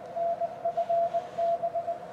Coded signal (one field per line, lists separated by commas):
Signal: Morse code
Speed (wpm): 20 wpm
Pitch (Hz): 680 Hz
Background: none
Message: NFB